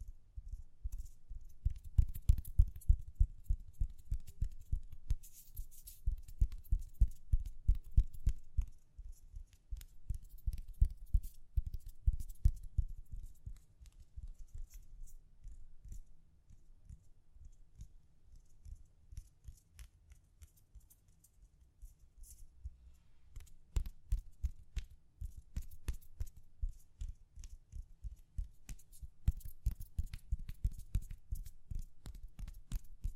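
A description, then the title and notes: Gentle tapping in quick, dense runs of soft, dull knocks with light clicky tops. The taps are busy through the first dozen seconds, thin out and quieten around the middle, then return with fuller strokes from about 24 seconds to the end. ASMR Gently Tapping You to Sleep (No Talking).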